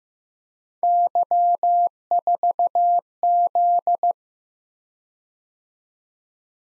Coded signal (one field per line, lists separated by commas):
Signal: Morse code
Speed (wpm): 15 wpm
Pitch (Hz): 700 Hz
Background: none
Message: Y4Z